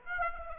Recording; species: mosquito wingbeat signal from an infrared sensor; Aedes aegypti